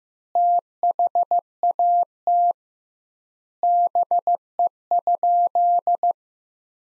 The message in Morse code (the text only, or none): THAT BE?